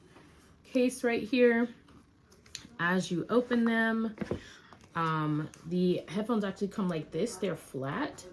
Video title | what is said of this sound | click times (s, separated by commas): Apple AirPod Max vs Beats Review | this magnetic you can kind of hear it click | 2.6 s